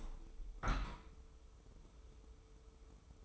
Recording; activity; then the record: daily activity, microphone in the room; open window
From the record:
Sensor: 1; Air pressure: 995.8 hPa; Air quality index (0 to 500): 50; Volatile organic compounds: 1 ppm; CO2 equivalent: 923 ppm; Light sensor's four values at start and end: 30/104/40/41 and 30/104/40/42